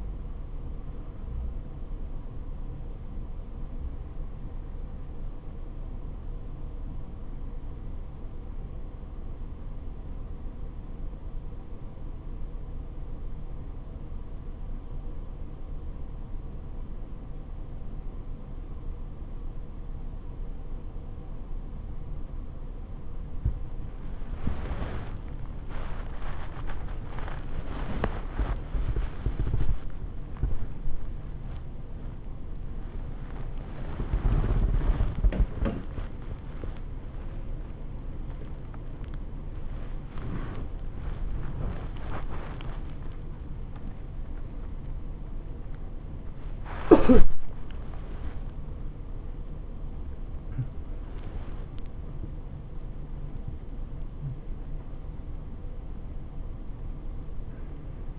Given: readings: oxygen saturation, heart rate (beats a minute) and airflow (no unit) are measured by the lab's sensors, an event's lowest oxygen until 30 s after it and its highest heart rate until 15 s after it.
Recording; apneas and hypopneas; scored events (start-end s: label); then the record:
a person awake in a sleep study, by a smartphone at the bedside; 1
5.00-24.00 s: hypopnea (REM, oxygen 95% highest, then 94% lowest, heart rate 65 at the start, 95 highest)
19.00-49.00 s: new sleep stage, awake
22.00-58.19 s: awake
49.00-58.19 s: new sleep stage, N1 (lightest sleep)
From the record:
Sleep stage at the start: REM sleep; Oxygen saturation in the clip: 93 to 97%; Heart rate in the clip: 65 to 96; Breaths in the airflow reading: 11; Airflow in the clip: -13.1 to 11.4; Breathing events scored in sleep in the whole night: 79 in 6.3 hours asleep